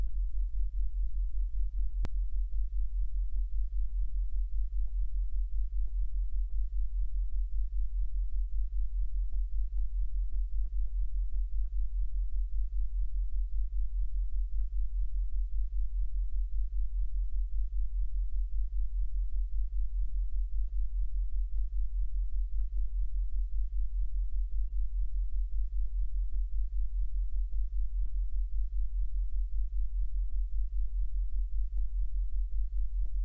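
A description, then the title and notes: A monaural beat: a single deep, low tone that throbs steadily at a fast, even rate for the whole half minute. The level never changes, and faint ticking flecks sit above the drone with nothing else in the background. Monaural BEATS. 40hz and 45hz blend is a calming, whirring, low bass sound that is very pleasant and very easy on the ears. All Raw and mixed audio recorded on: Focusrite Scarlett CM25, Focusrite Scarlett 2i2 Audio interface. Audio Editing Software: Pro Tools First.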